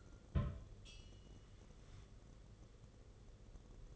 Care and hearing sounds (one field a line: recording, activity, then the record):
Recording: daily activity, microphone in the room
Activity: place on stove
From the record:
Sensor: 4